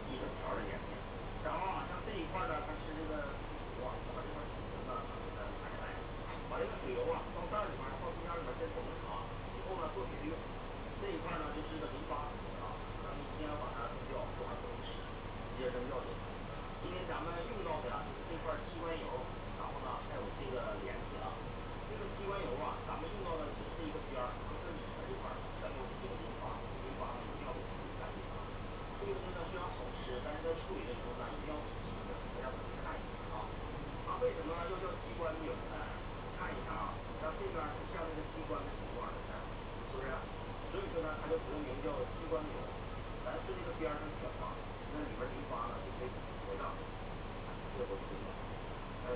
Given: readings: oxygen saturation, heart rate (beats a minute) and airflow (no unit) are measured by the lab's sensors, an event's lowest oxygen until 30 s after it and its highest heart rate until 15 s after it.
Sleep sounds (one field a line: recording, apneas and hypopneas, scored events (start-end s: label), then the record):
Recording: a person awake in a sleep study, by a voice recorder at the bedside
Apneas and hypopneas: none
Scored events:
0.00-49.16 s: awake
From the record:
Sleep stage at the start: awake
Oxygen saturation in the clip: 92 to 93%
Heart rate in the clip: 60 to 65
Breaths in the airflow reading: 16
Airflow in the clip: -5.7 to 5.2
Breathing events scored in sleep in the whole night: 476 in 9.7 hours asleep